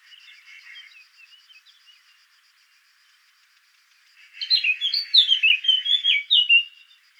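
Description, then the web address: Eurasian blackcap: soft scattered warbling notes at first, a pause, then a loud, rapid, varied warbled phrase lasting about two and a half seconds. "sylvia atricapilla call"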